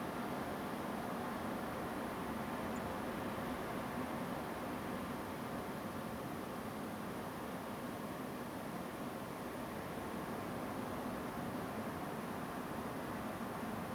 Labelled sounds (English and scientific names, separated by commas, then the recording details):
Song Thrush (Turdus philomelos)
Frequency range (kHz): Song Thrush (Turdus philomelos) 6.8-9.4 kHz
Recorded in France